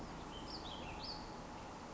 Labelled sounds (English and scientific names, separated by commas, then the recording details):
Western Flycatcher (Empidonax difficilis)
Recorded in Sonoma County, California